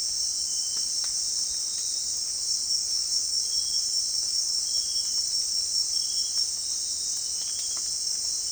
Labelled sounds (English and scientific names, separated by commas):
none